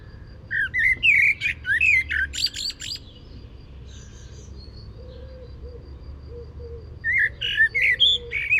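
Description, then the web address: Common blackbird giving two song phrases separated by several quieter seconds, the first of fluted notes ending in high, squeaky twittering. "SETE data Turdus merula"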